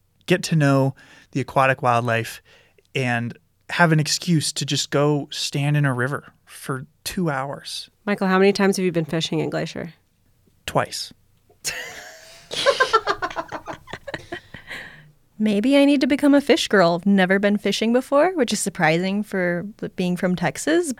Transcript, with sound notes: get to know the aquatic wildlife and have an excuse to just go stand in a river for two hours.
Michael, how many times have you been fishing in Glacier?
Twice. [laugh]
Maybe I need to become a fish girl. I've never been fishing before, which is surprising for being from Texas.